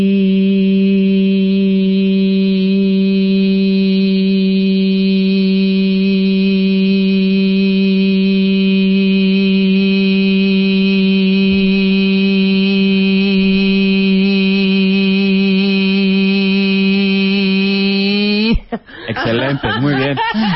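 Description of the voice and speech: Steady sustained vowel held as long as possible, counted at 20 seconds, then brief speech. Maximum phonation time is within normal limits. Toward the end the voice starts to tremble as the air runs out.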